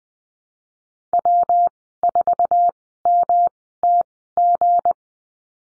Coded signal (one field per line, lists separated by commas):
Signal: Morse code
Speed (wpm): 20 wpm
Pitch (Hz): 700 Hz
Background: none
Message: W4MTG